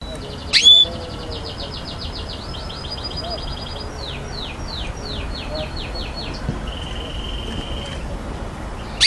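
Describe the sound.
Canary song: faint, rapid trilled rolls and rasping, descending note series held high in pitch, interrupted by a loud sharp chirp near the start and a steady whistled tone.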